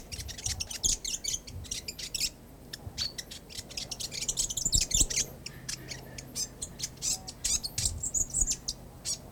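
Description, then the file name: North Island fantail song: rapid, high, squeaky chips and twittering notes, delivered in quick irregular bursts throughout, with faint low background rumble. New Zealand. "North Island Fantail (Piwakawaka)"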